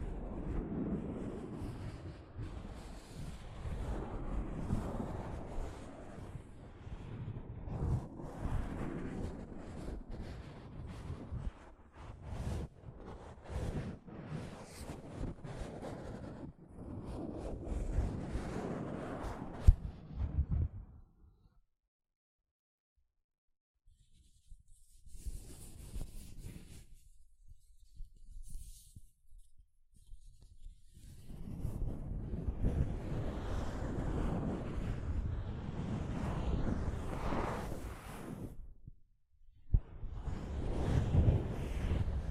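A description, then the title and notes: Soft fabric brushing over a microphone gives dense, rumbling, irregular rustling, stopping near twenty-one seconds, then resuming unevenly and strongly after thirty. ASMR Mic Brushing using Soft Fabric (No Talking).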